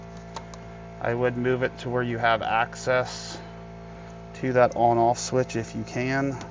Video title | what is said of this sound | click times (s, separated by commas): Bleed Your Own Brakes ALONE - Save Money with the WORKPRO Brake Bleeder Kit! | this will just come on here and kind of lock into place. | 0.4 s, 0.5 s